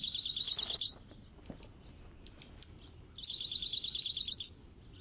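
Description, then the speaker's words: Dark-eyed Junco twittering call: two rapid high trills of sharp notes, separated by a pause. Sharp twittering call given as the bird darts off, flashing its white outer tail feathers. "As the bird darts off, giving a sharp twittering call, it flashes the white outer feathers of its tail."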